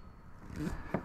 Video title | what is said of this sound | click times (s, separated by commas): Guardian of Gear: Exploring Harley's Trunk Lock Mechanism | and you'll hear it lock into place | 0.9 s